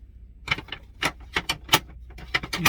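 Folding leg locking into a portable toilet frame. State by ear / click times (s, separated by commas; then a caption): seated / 1.5 s, 1.7 s, 2.7 s. The plastic folding legs of a Reliance portable toilet topper are swung out from the frame and pushed until they snap into their locked position. A series of sharp plastic knocks and rattles sounds, with distinct snaps at 1.5, 1.7 and 2.7 seconds as the legs seat firmly in place.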